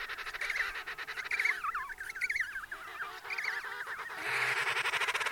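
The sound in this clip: Penguin calls, harsh nasal brays with wavering pitch overlapping from several birds in a dense chorus.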